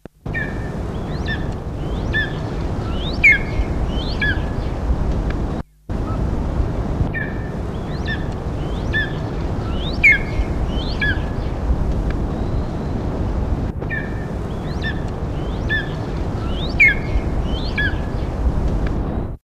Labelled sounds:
African Hawk-Eagle call
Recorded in captivity
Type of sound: call
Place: Farm Frauenstein
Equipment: Halbspur, 9,5 cm/s
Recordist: Lütgens, Hans
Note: Junges

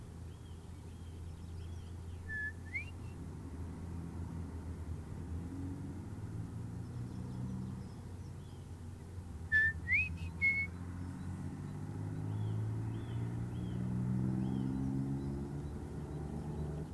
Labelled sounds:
Common Blackbird song
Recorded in the wild
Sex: male
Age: adult
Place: DE
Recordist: Tretzel, Erwin

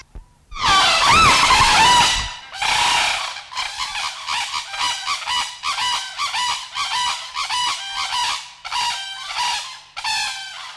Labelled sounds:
Sarus Crane call
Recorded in captivity
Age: adult
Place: Münchner Tierpark Hellabrunn, Bayern, DE
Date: 1993-09-20 13:08
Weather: 17 °C, heiter
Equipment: Marantz CP 430, Sennheiser MKH 416 T, Kopie Uher Variocord 263
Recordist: Tembrock, Günter

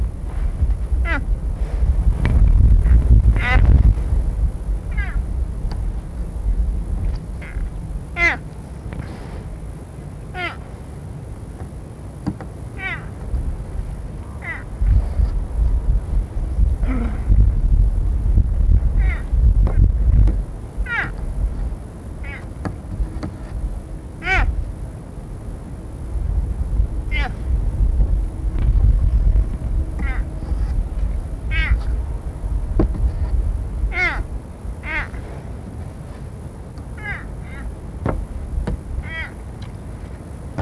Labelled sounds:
Wapiti call
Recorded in captivity
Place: Tierpark Berlin, Berlin, DE
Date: 1961-12-02 15:00
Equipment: Minifon, Kopie Smaragd
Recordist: Tembrock, Günter

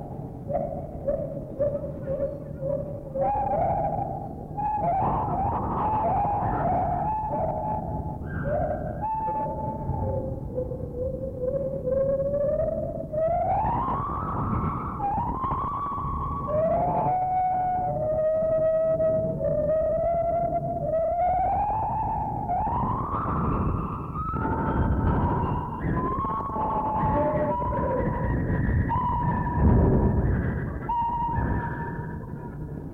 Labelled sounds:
Lar Gibbon
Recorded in captivity
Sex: pair
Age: adult
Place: Zoo Berlin, Berlin, DE
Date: 1960-10-08 12:00
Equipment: Minifon, Kopie Smaragd
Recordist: Tembrock, Günter

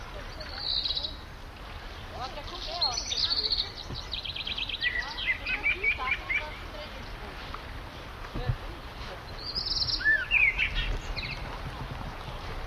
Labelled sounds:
Black Redstart song
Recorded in the wild
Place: Wachau, AT
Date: 1989-06-16 15:22
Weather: 14°C
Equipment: Sony WM-D6C, Kopie Tesla B 116
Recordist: Tembrock, Günter

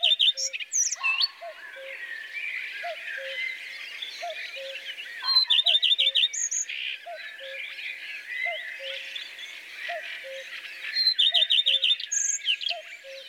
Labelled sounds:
Common Redstart song
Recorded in the wild
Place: Oberrotweil am Kaiserstuhl, Baden-Württemberg, DE
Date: 1982-05-08
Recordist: Schwarz, Dieter

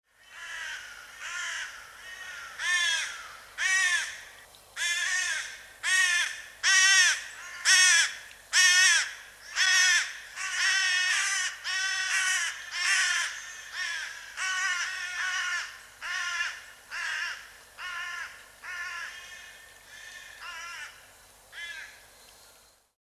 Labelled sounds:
Carrion Crow
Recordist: Tembrock, Günter
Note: Rufe im Flug

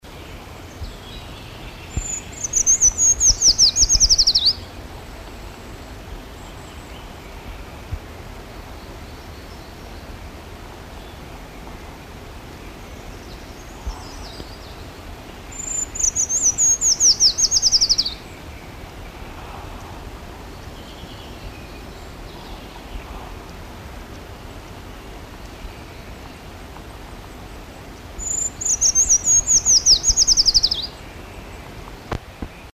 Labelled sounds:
Eurasian Treecreeper song
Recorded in the wild
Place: Wegfurt, DE
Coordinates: 50.3958, 10.0869
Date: 1964-04-03
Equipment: Uher Report 4000, AKG D190
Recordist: Krey, Winfried
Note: Gesang

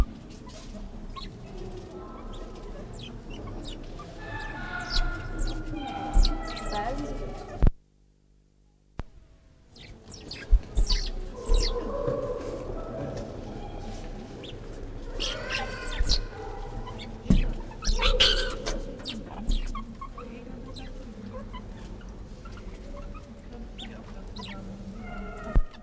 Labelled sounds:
Banded Mongoose call
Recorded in captivity
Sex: group
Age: diverse
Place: Zoo Berlin, Berlin, DE
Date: 1959-11-01 12:00
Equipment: Reporter (Vollspur)
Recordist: Tembrock, Günter

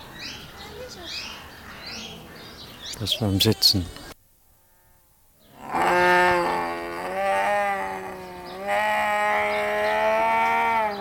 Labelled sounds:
Jaguar call
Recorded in captivity
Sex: male
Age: adult
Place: Zoo Berlin, Berlin, DE
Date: 1997-03-04 13:25
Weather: heiter, 10 bis 15°C
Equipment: Nagra SN, Kopie Uher 4000 Report Monitor
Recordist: Tembrock, Günter

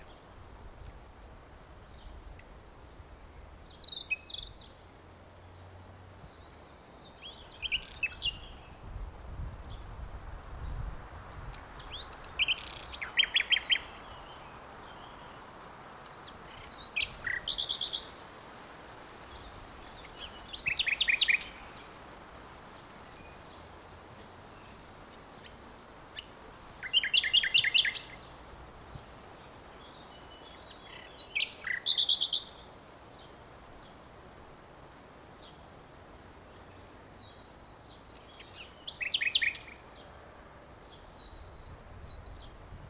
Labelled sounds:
Common Nightingale
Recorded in the wild
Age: adult
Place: Friedhof Niederschönhausen III, Berlin, DE
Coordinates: 52.571, 13.386
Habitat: Stadtfriedhof
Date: 1992-05-03 11:58
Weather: wolkig, 11°C
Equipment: Nagra SN, Mikrofon AKG CK 8, Kopie Tesla B 116
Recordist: Tembrock, Günter

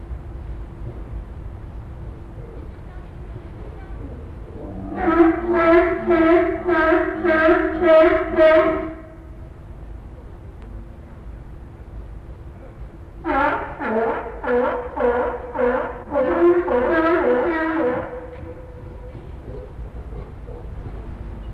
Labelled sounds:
South American Sea Lion call
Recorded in captivity
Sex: male
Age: adult
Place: Zoo Berlin, Berlin, DE
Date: 1961-01-14 16:30
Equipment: Minifon, Kopie Smaragd
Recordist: Tembrock, Günter

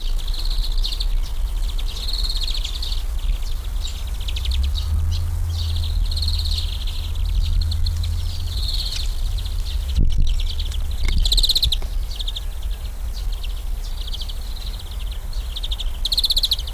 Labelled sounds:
European Greenfinch
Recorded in the wild
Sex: group
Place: Lübars (Fließtal), Berlin, DE
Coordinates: 52.6167, 13.35
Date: 1999-07-17 19:43
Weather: fair, ca. 25°C
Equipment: Sony WM-D6C, Sennheiser ME 80, Kopie Uher 4000 Report Monitor
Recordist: Tembrock, Günter

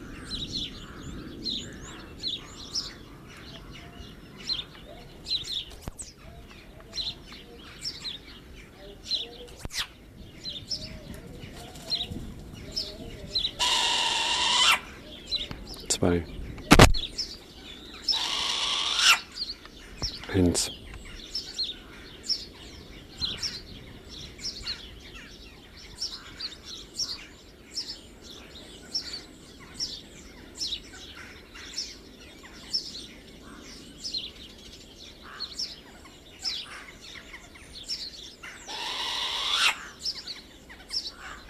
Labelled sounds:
Short-eared Owl call
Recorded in captivity
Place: Tierpark Berlin, Berlin, DE
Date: 1970-03-07 11:00
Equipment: Uher 4200 Report Stereo, Sennheiser MD 421
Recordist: Tembrock, Günter

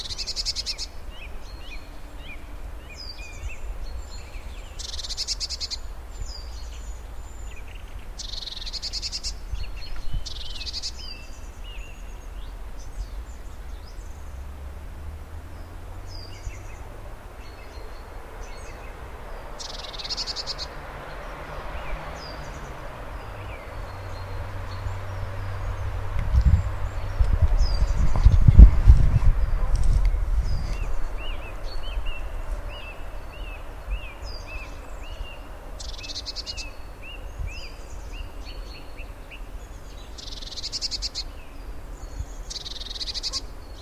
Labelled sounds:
Eurasian Blue Tit call
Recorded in the wild
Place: Birken-Honigsessen, Westerwald, Rheinland-Pfalz, DE
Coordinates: 50.8192, 7.76194
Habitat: mixed forest
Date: 1992-03-18 15:52
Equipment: Aiwa HD-S1, Sennheiser ME 80, 1:1 Kopie
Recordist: Frommolt, Karl-Heinz

